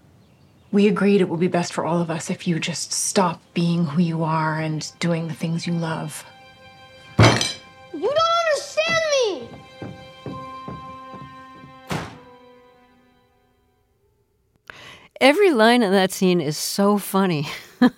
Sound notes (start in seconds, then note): 7.2 soundbite of fist thumping table; 11.8 soundbite of door slam